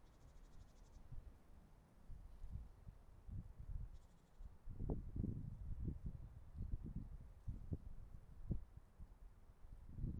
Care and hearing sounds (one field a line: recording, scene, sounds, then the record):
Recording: everyday scene through a hearing-aid microphone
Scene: wind on the microphone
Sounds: wind, traffic, birds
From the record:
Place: suburban garden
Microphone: behind the ear, right, rear